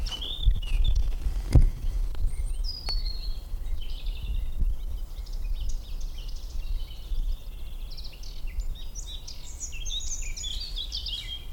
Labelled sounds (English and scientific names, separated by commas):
European Robin (Erithacus rubecula) song